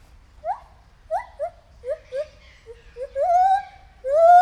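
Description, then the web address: White-handed gibbon calling: a series of short rising hoots, then longer swelling notes that climb in pitch and build toward a loud final wail. At Debrecen Zoo in 2019, during a first encounter. "allathangok debrecenizoo 2019 feherkezu gibbon elsotalalkozasunk"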